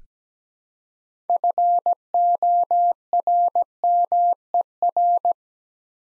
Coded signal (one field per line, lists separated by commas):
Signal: Morse code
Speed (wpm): 17 wpm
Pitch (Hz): 700 Hz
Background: none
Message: FORMER